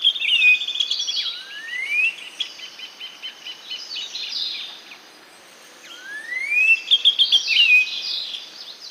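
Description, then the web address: Black-winged saltator singing two phrases of upward-slurred whistles and quick chattering notes, with other high chirps and a soft background hiss. Recorded in Ecuador. "Natures Songs S America Birds of Ecuador Black-winged Saltator"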